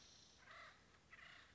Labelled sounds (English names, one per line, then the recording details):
Acorn Woodpecker
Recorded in Sonoma County, California